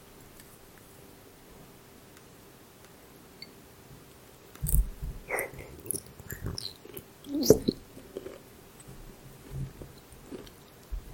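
Eating sounds, possibly an animal. After about four and a half seconds of near silence with a faint steady hum, irregular crunching, smacking and chewing begins, loudest around seven and a half seconds, then continues in sparser bites to the end.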